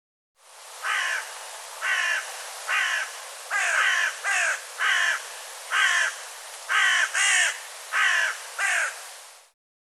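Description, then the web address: Bird giving a series of harsh cawing calls, some doubled, over a quiet background. "cianscape birddata Deverinetal 2025"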